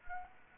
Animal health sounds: mosquito wingbeat signal from an infrared sensor; Anopheles gambiae

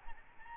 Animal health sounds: mosquito wingbeat signal from an infrared sensor; Aedes albopictus

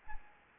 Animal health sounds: mosquito wingbeat signal from an infrared sensor; Anopheles arabiensis

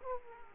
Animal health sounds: mosquito wingbeat signal from an infrared sensor; Aedes aegypti

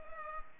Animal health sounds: mosquito wingbeat signal from an infrared sensor; Culex pipiens

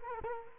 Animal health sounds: mosquito wingbeat signal from an infrared sensor; Culex quinquefasciatus

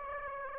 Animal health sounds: mosquito wingbeat signal from an infrared sensor; Aedes aegypti

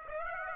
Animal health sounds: mosquito wingbeat signal from an infrared sensor; Aedes aegypti

